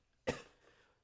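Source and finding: Man. Cough.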